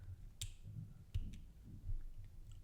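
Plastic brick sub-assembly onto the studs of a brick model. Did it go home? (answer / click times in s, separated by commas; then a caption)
yes / 0.4 s. A small plastic brick sub-assembly is pressed onto the side of a brick model, covering the studs. It gives a sharp snap at 0.4 s, followed by a few fainter ticks at 1.1, 1.3 and 2.5 s. The sub-assembly is seated.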